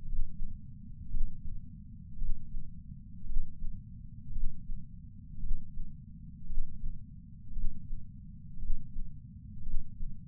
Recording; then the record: heart sounds by patch sensor on the chest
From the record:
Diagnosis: coronary artery disease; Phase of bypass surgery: intraoperative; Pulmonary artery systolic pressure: 28 mmHg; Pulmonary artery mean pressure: 14 mmHg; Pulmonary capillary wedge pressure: 11 mmHg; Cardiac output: 5.5 L/min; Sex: male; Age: 57 years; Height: 175 cm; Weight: 80 kg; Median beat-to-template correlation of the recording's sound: 0.94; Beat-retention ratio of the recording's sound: 0.97